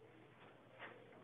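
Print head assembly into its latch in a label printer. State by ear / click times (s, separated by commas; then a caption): not seated / none. The lifted print head of a Datamax M-Class thermal barcode label printer is being pressed back down toward its latch. Only a steady low hum and faint handling noise are heard, with a soft swell around 0.8 s. The print head has not yet latched, and nothing has clicked or seated yet.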